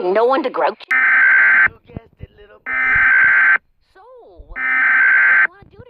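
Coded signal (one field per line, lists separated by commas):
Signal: Emergency Alert System (SAME) tones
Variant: header bursts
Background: speech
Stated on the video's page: Fictional zombie emergency alert scenario, not a real broadcast.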